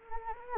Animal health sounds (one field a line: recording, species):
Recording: mosquito wingbeat signal from an infrared sensor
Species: Anopheles gambiae